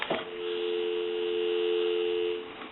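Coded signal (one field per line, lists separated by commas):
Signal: telephone call progress tone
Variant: North America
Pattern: dial tone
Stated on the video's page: Tones from an ITT 554 rotary wall telephone during initial checkout and repair.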